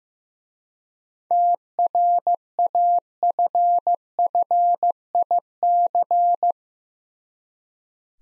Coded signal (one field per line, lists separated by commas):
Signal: Morse code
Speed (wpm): 15 wpm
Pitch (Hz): 700 Hz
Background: none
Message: TRAFFIC